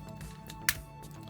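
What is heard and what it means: A plastic toy missile launcher is popped into its mount on a piece of armor, and a sharp click is heard at 0.7 s. The launcher seats in place. Faint softer taps come before it over a low steady background.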